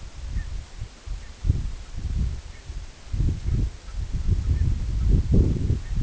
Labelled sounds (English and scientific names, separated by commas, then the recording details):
Canada Goose (Branta canadensis), unidentified sound
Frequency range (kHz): Canada Goose (Branta canadensis) 1.1-2.8 kHz
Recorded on Arctic tundra, site EABA-1, on 24 June 2018
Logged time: 10:00